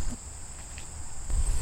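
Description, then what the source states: Insects keep up a constant high-pitched trilling drone over low rumbling. Insects recorded in prairie habitat.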